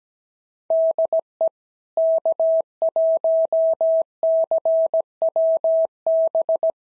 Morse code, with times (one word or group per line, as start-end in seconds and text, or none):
0.7-1.5 DE
2.0-6.7 K1CWB